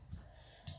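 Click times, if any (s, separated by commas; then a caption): 0.7 s. A tool part is fitted into its holder, with a faint low thump near 0.1 s before a sharp, bright click at 0.7 s as it locks into place. A nearby part is still open, but this part is seated and locked.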